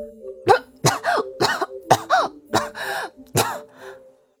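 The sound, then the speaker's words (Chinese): A choking coughing fit from a voice acting it out after choking on a mouthful of tea: eight or nine sharp, sputtering coughs in a quick uneven rhythm, some with a voiced, strained pitch, fading into a softer final wheeze. “展昭还没乐，小四子先被逗乐了，让茶水呛了一口，小拳头捶着胸口直咳嗽。”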